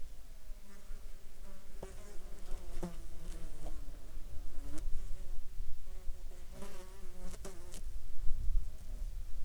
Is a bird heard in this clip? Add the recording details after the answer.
no. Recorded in Ivvavik National Park, Yukon, on 8 July 2019 at 12:28. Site SINP03